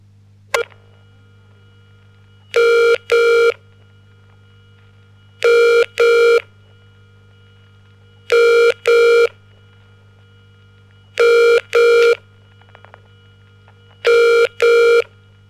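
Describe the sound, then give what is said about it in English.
A telephone ringing tone repeats in pairs of short, steady electronic bursts, five double rings at even intervals over a low constant hum, with no voices. “Listen to the telephone tones and match them with the descriptions in your book.”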